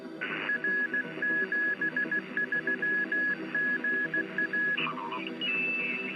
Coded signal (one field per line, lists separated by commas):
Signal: Morse code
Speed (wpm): 16 wpm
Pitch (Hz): 1700 Hz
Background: music, radio noise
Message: R73GA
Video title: Live: Vintage Radio Restoration, Signal Reporting and Band Scanning 07.07.24